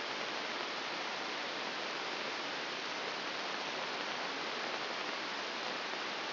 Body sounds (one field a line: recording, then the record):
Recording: brain microelectrode recording played as sound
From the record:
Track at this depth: outside the subthalamic nucleus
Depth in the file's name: 6.398 mm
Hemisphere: left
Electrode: 2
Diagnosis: Parkinson's disease